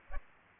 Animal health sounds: mosquito wingbeat signal from an infrared sensor; Aedes aegypti

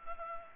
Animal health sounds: mosquito wingbeat signal from an infrared sensor; Culex pipiens

